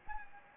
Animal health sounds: mosquito wingbeat signal from an infrared sensor; Anopheles gambiae

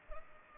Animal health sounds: mosquito wingbeat signal from an infrared sensor; Culex pipiens

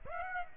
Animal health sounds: mosquito wingbeat signal from an infrared sensor; Aedes aegypti

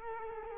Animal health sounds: mosquito wingbeat signal from an infrared sensor; Culex quinquefasciatus

